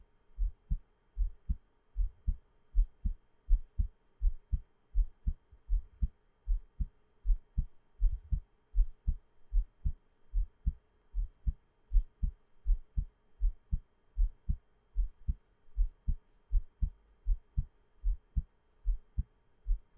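Steady, muffled lub-dub thumps of an adult heart at about 80 beats a minute in a regular rhythm: a normal heartbeat.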